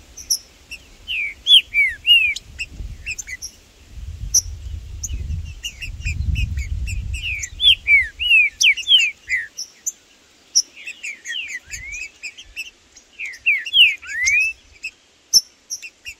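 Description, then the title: Green-winged saltator song: loud slurred whistles swooping down and up, mixed with rapid high chirps and twitters throughout, and a low rumble in the middle. Trinca-ferro in the bush, singing, calling and 'macheando' (male rivalry display) in a dispute with a free-living rival. "Trinca Ferro no MATO Cantando e Macheando muito com Solto! Blindado e Tufão no mato"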